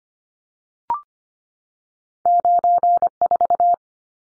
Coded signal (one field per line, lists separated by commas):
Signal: Morse code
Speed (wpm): 25 wpm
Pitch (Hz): 700 Hz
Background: none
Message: 94